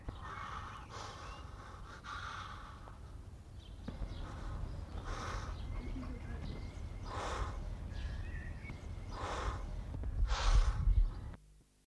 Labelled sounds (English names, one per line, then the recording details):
Blue Crane hissing
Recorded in captivity
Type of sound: hiss
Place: Zoo Osnabrück, DE
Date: 1975-06-14
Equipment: Halbspur, 9,5 cm/s
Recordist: Lütgens, Hans
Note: Abwehrend Fauchen. Zoo Osnabrück